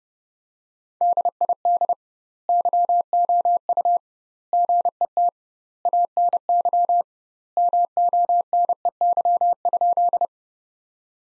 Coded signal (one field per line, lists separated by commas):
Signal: Morse code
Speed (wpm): 30 wpm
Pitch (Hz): 700 Hz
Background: none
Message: DID YOU GET ANY MONEY?